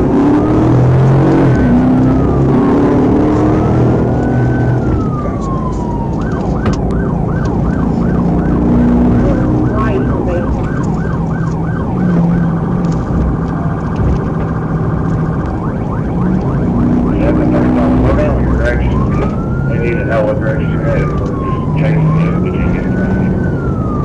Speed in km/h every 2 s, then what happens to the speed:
84, 101, 103, 108, 109, 109, 108, 106, 116, 113, 114, 118.
0-3 speeds up to 103. 3-14 steady at about 108. 14-16 speeds up to 116. 16-24 steady at about 114.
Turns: none.